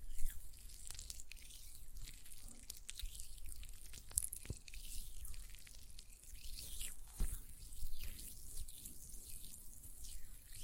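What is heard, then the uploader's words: Hands rub and squish a gel lotion, making wet, sticky smacks and soft slippery rustles that come in uneven bursts. A few sharper clicks and drip-like pops stand out, around four and seven seconds, over a faint low rumble throughout. ASMR Gel Lotion Hand Sounds (No Talking).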